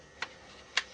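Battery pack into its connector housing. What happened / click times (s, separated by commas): The pack's plastic catch clicked into place / 0.2 s, 0.8 s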